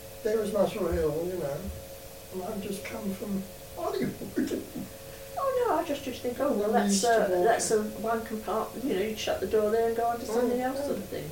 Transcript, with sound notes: there was Muswell Hill you know. And I'd just come from [laughs]
Oh no. I just used to think, oh well, that's eh, that's one compartment, you know, you'd shut the door there and go onto something else sort of thing.